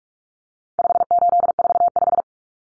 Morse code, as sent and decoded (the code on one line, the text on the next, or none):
..... ---.. ....- .....
5845